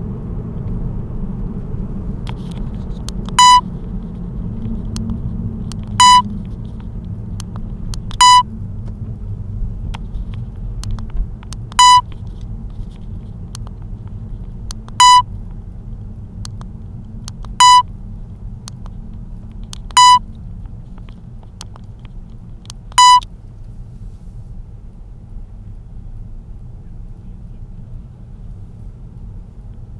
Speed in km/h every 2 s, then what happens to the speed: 63, 59, 52, 45, 37, 34, 32, 30, 27, 24, 20, 16, 13, 12, 12.
0-24 slows to 13. 24-30 steady at about 12.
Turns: none.